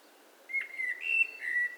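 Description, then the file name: Eurasian blackbird giving a brief string of smooth, level whistled notes, slightly wavering in pitch, in under two seconds. "Turdus merula"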